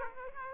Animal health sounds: mosquito wingbeat signal from an infrared sensor; Aedes aegypti

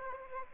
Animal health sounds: mosquito wingbeat signal from an infrared sensor; Aedes aegypti

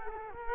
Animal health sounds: mosquito wingbeat signal from an infrared sensor; Culex quinquefasciatus

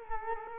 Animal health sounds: mosquito wingbeat signal from an infrared sensor; Culex quinquefasciatus

